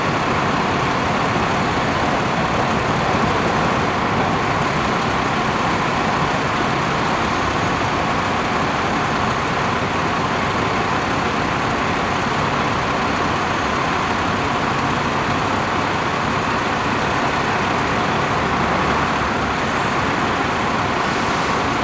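A bus sits idling while waiting to depart, its engine giving a steady, dense rumble that barely changes across the whole stretch. The low hum is thick and even, with a faint brighter whine riding on top and a slight lift near the end.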